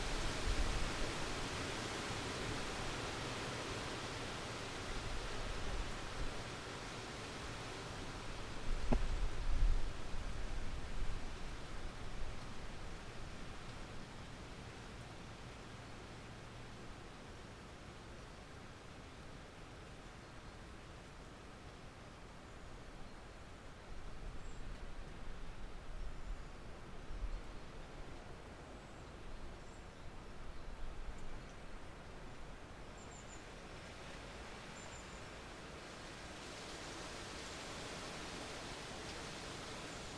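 Wind rushes through the orchard trees in a dense, steady hiss, swelling strongest around ten seconds before easing into a softer, even wash. A few faint, thin high chirps surface between about twenty-five and thirty-five seconds, and the gusts rise briefly again near the end.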